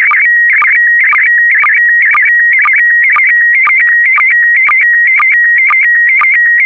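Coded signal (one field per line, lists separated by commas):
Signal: SSTV (slow-scan television)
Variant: PD120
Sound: warbling electronic tone around 2 kHz with a short low click twice a second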